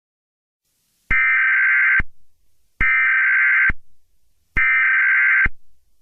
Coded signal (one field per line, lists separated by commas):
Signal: Emergency Alert System (SAME) tones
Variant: header bursts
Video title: EAS Scenario #6: Behind The Reflection